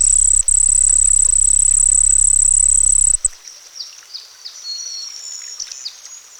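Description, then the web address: Cricket song, a high steady pulsed trill for about three seconds with a brief break, then it stops, leaving fainter scattered chirps. Crickets singing by a pond. "Dr Sound Effects. Crickets Singing By a Pond"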